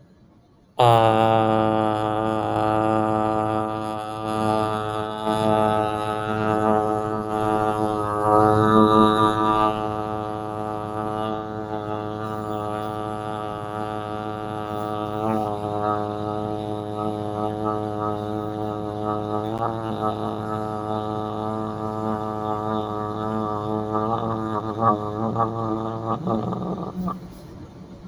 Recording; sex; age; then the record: vowel held as long as possible; male; 20 to 29 years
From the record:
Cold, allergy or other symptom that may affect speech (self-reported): no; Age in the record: 29 years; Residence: New York, United States